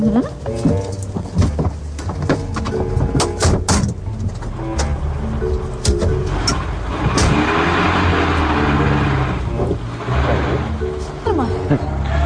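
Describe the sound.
A car door thuds shut, then the engine revs and a chauffeur drives the car away, its steady motor hum rising and settling over several seconds as faint voices murmur.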